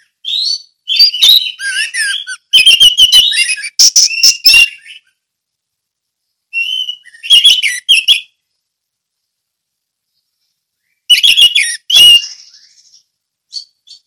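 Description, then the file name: Orange-headed thrush song in three loud bursts of varied whistles, sharp chips and trills, separated by silent pauses of a couple of seconds. Ngeplong song style. "anis merah ngeplong"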